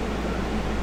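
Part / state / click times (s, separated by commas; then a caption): chin strap clip into safety helmet side mount / not seated / none. A quick-release chin strap clip is handled at the side mount of an ECHO safety helmet, with a steady low hum and broadband noise throughout. Nothing has seated or clicked yet.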